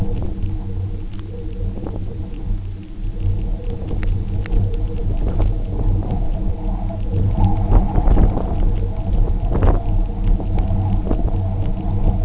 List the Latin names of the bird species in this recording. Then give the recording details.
none. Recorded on Arctic tundra, site UTQI-0, on 27 June 2018. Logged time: 10:00